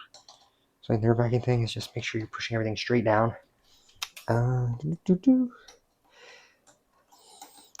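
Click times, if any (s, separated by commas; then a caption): 7.8 s. Someone talks while pushing a front-panel USB 3 connector straight down onto the motherboard header of a budget gaming PC build (Radeon RX 9060 XT 16GB, Ryzen 5 7600X), kept straight because pushing at an angle can snap it off. Soft handling sounds and a sharp tap come before two quick clicks at 7.8 s and 7.8 s as the connector latches and seats.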